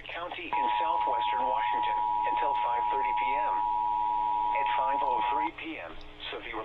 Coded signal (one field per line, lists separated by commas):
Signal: Emergency Alert System (SAME) tones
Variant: 853 and 960 Hz attention tone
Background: speech